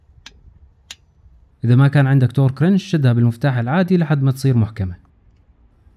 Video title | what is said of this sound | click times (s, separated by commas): طريقة تغيير زيت السيارة بسهولة(الطريقة الكاملة) | بنشد السداده لحديد ما نسمع صوتك كليك او نقره | 0.9 s